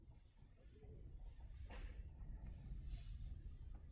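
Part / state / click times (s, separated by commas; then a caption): crossbow string into trigger latch / not seated / none. A Man Kung 120 lb recurve crossbow is being cocked, with its string drawn back toward the trigger latch, where it should catch with a double click: first the safety engaging, then full engagement of the string catch. Steady low rumbling handling noise fills the clip, with brief brighter scraping bursts near 1.8 s and 3.0 s. The string has not latched yet and no click has sounded.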